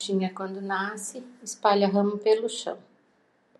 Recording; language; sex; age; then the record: short text; Brazilian Portuguese; female; 60 to 69 years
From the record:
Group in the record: control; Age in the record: 63 years